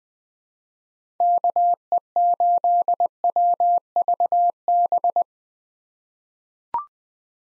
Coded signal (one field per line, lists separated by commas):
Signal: Morse code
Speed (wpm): 20 wpm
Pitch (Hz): 700 Hz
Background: none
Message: KE8WVB